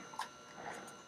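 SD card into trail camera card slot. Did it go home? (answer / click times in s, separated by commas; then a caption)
yes / 0.2 s. An SD card is pushed into the push-push card slot of a trail camera and clicks into place at 0.2 s, then stays in. A softer rustle of handling follows around 0.7 s. No one talks.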